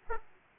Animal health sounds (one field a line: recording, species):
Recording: mosquito wingbeat signal from an infrared sensor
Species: Aedes aegypti